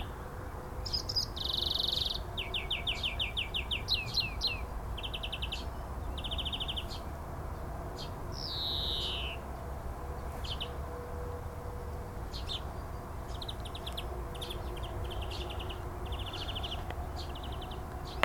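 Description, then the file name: European greenfinch giving quick trilled runs of clipped notes, then a drawn-out descending buzzy wheeze, followed by softer scattered chirps over constant low background rumble. "Chloris chloris"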